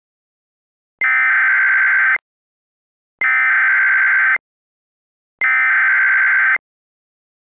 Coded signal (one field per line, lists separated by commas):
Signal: Emergency Alert System (SAME) tones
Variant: header bursts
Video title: (VALID TONES) EAS Mini Mock - Maryland Train Gas Leakage (12/24/2002)